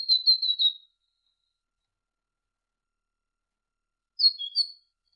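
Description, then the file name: Great tit singing a rapid run of repeated whistled notes, then after a long pause a shorter, varied phrase of high slurred notes. Masteran recording, used as training audio to teach songbirds. "suara masteran great tit"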